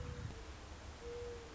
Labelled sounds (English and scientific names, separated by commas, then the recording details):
Mourning Dove (Zenaida macroura)
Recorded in Sonoma County, California